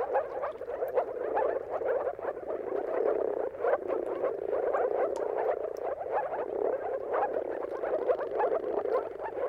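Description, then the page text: Moor frogs producing a thick chorus of low, hollow, bubbling notes, countless calls overlapping throughout. Mating calls of a moor frog chorus at sunrise, at the turn of March and April depending on the weather; recorded by Jakub Orzecki. "Dawn’s Chorus: Mating Calls of Marsh Frogs at Sunrise. Depending on the weather at the turn of March and April, you can witness an amazing spectacle of moor frogs. Jakub Orzecki. earth.fm"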